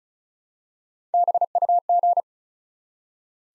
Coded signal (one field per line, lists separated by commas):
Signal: Morse code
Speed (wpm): 36 wpm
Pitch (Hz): 700 Hz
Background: none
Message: BUG